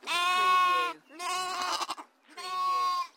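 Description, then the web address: Sheep: a lamb's three drawn-out bleats, the middle one wavering and breaking up near its end. "beanstalk-audio Lamb bleating"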